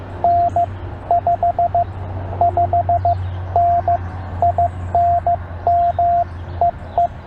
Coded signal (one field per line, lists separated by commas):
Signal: Morse code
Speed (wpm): 16 wpm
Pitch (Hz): 690 Hz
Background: radio noise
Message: N 55N IN ME E